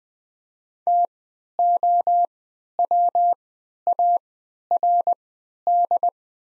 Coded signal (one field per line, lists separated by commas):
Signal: Morse code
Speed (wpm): 20 wpm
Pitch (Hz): 700 Hz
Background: none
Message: TOWARD